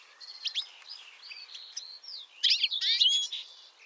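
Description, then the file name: European goldfinch twittering: a run of quick, liquid chirps and buzzy slurred notes, growing louder and denser in the second half. "Carduelis carduelis"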